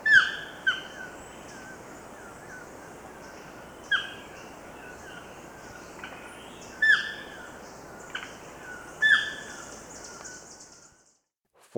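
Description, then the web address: Chestnut-tipped toucanet calling with irregular single and paired nasal, downslurred croaks spaced a second or more apart. Ecuador, South America. "Natures Songs S America Birds of Ecuador. Chestnut-Tipped Toucanet"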